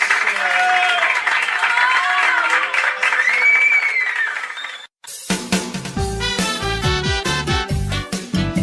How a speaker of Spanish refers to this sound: Fuerte el aplauso para los rumbitas, señores.